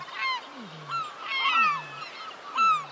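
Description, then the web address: Gulls squawking in overlapping, slurred harmonic cries over a repeated low descending tone. Multiple seagulls calling. "windybeachaudio. SEAGUL MULTIPLE"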